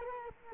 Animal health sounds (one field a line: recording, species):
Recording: mosquito wingbeat signal from an infrared sensor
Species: Culex quinquefasciatus